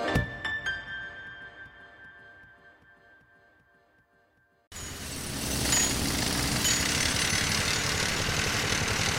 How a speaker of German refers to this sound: Auf dieser Baustelle werden Oberflächen abgekratzt, Löcher gebohrt und wieder gefüllt. Hier wird ein ganzer Berg entfernt und ersetzt. Dort wird versiegelt, abgeschliffen und das alte Material wieder auf Hochglanz gebracht. Wir sind im Mund.